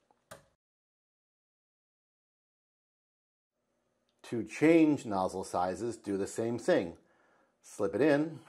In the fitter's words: Be sure this clip locks into place.